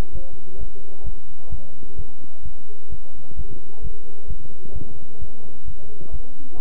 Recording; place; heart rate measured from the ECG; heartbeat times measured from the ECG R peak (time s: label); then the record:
heart sounds by stethoscope; between the tricuspid and mitral areas; 130 bpm
0.13 s: heartbeat
0.58 s: heartbeat
1.04 s: heartbeat
1.50 s: heartbeat
1.96 s: heartbeat
2.43 s: heartbeat
2.90 s: heartbeat
3.36 s: heartbeat
3.82 s: heartbeat
4.28 s: heartbeat
4.73 s: heartbeat
5.19 s: heartbeat
5.66 s: heartbeat
6.11 s: heartbeat
6.57 s: heartbeat
From the record:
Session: bicycle stress test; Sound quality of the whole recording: good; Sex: male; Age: 23 years